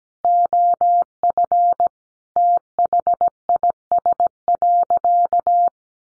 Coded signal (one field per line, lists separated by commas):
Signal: Morse code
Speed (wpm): 17 wpm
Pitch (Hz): 700 Hz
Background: none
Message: OF THIS.